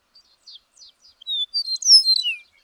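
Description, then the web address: Bird song: a few faint high notes, then a quick run of loud whistled phrases and sweeping slurs, some dropping in pitch, lasting about a second. "birdsong 162"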